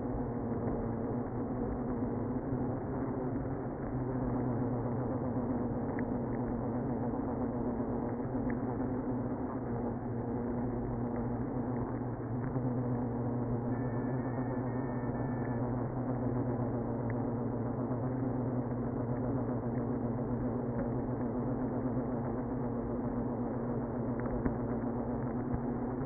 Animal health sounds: honeybee colony, microphone inside the hive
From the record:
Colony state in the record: queenless (queen removed); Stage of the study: after two queens were removed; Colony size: about 60,000 bees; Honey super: yes

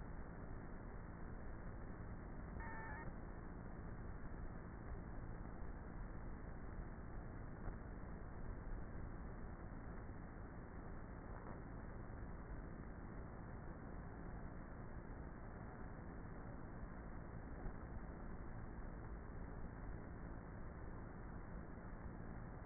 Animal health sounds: honeybee colony, microphone inside the hive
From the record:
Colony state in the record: queenless with a low population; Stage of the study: before two queens were removed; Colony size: about 30,000 bees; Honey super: no

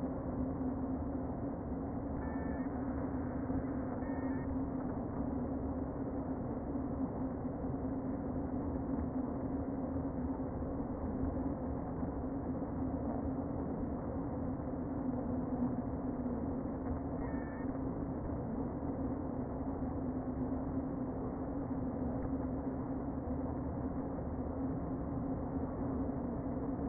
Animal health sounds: honeybee colony, microphone inside the hive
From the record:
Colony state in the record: queen present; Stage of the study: before two queens were removed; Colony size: about 60,000 bees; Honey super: yes

